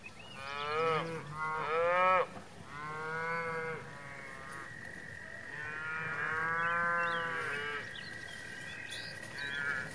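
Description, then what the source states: Cows mooing several times, bending, wavering calls with rich harmonics, a steady whine running behind. Cows grazing in a pasture.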